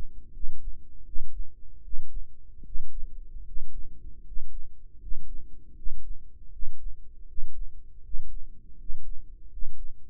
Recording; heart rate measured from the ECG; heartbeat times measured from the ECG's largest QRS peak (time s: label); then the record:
heart sounds by microphone in the right ear; 79 bpm
0.32 s: heartbeat
1.04 s: heartbeat
1.82 s: heartbeat
2.63 s: heartbeat
3.44 s: heartbeat
4.23 s: heartbeat
4.99 s: heartbeat
5.75 s: heartbeat
6.51 s: heartbeat
7.26 s: heartbeat
8.02 s: heartbeat
8.77 s: heartbeat
9.49 s: heartbeat
From the record:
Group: healthy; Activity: rest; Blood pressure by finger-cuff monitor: 109/68 mmHg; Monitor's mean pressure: 76 mmHg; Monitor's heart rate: 81 bpm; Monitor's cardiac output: 6.6 L/min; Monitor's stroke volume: 75 mL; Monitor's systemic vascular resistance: 830 dyn s/cm5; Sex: male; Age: 35 years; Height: 180 cm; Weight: 86.9 kg